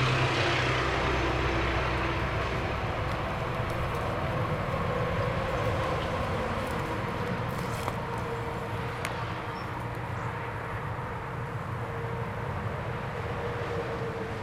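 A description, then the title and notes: Steady, dense traffic rumble on an outdoor road, with a low engine drone and humming tone slowly falling, plus faint clicks midway. Ext Road - Cars Passing.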